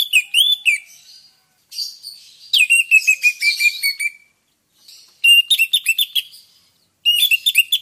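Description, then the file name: Orange-headed thrush song: rich bursts of sweet whistled and chattering notes, separated by short pauses, with some high twittering elements. Orange-headed thrush song, meant to prompt the bird to sing readily. "pancingan suara burung anis merah agar rajin bunyi"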